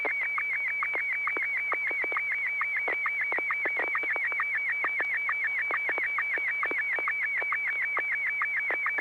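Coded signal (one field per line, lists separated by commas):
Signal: SSTV (slow-scan television)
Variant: Martin 1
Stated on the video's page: Weekly SSTV net on an FM repeater on 441.300 MHz.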